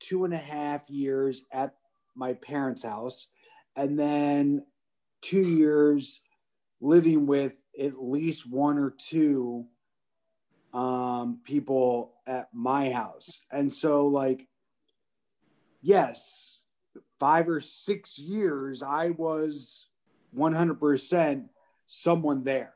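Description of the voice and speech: Adult stroke survivor's speech broken by long pauses, fillers and drawn-out sounds, with odd word choices and fragmented phrasing: the word-finding difficulty of aphasia, heard in a speaker with a history of seizure.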